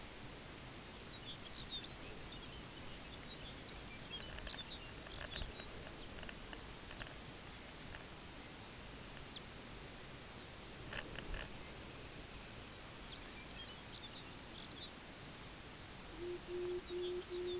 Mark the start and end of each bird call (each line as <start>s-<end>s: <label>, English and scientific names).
0.96s-5.80s: Lapland Longspur (Calcarius lapponicus)
9.17s-9.49s: Lapland Longspur (Calcarius lapponicus)
10.24s-10.53s: Lapland Longspur (Calcarius lapponicus)
12.97s-15.01s: Lapland Longspur (Calcarius lapponicus)
16.02s-17.59s: Pectoral Sandpiper (Calidris melanotos)
16.75s-17.59s: Lapland Longspur (Calcarius lapponicus)